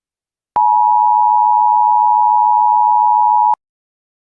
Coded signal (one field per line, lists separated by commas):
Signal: Emergency Alert System (SAME) tones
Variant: 853 and 960 Hz attention tone